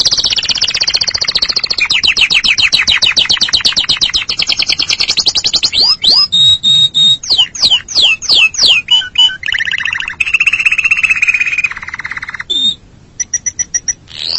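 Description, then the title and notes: Canary singing a fast, high rattling trill, then a series of swept notes, repeated chirps, a buzzy roll, a brief gap and a final trill. "BM Suara Burung Kenari"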